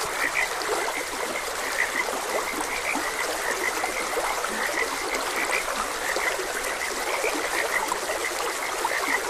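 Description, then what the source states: A continuous frog chorus of brief, repeated croaking notes, layered over the even, rushing sound of a small stream. Frogs croaking beside a gentle stream.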